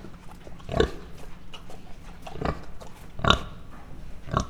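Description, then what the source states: Mangalica pig making four brief, gruff grunts at uneven intervals, each a quick husky burst, with a faint steady hum beneath. Standard Mangalica pig grunting, recorded close up at Miskolc Zoo in 2009.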